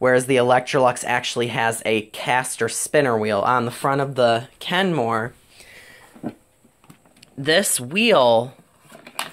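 Someone talks while handling the front caster wheel on a Kenmore canister vacuum body, moving it toward the position where it locks. Faint taps and light knocks come between about 6.3 and 7.2 seconds, then more talking and a short, sharp knock near 9.2 seconds. The wheel has not locked into place yet.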